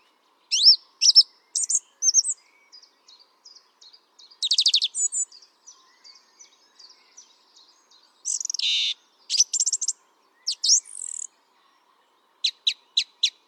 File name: Turdus philomelos